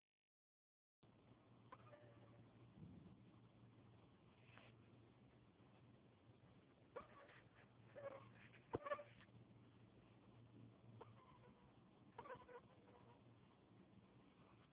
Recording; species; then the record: mosquito flight sound by mobile phone; Anopheles dirus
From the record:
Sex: female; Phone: Huawei 866C